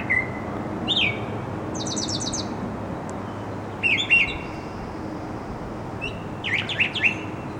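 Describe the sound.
Bird calls, a thin whistle, a rapid series of short high notes, then sweeping chirps in short clusters with pauses between.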